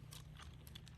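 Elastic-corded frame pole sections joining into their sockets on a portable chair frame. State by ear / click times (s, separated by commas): not seated / none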